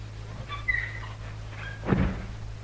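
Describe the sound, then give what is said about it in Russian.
A door being closed and latched squeaks briefly as it swings, then shuts with a single dull thud over a steady low hum, followed by quiet. “Защелкните дверь, скажите секретарше, пусть никого не впускает.”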